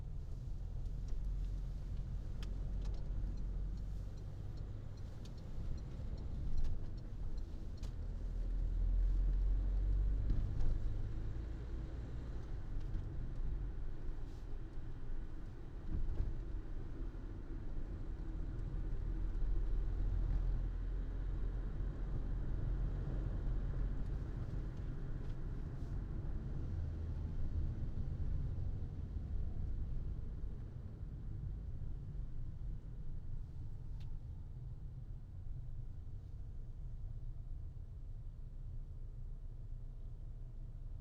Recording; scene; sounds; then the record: everyday scene through a hearing-aid microphone; in a vehicle; engine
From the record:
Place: Berlingo II, diesel engine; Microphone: in the ear canal, right